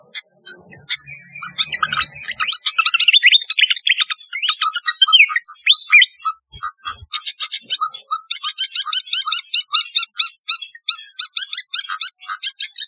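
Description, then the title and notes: Flycatcher song: fast high twittering and slurred whistles, turning into dense rapid trilled phrases in the second half. "Kicau Burung Sikatan"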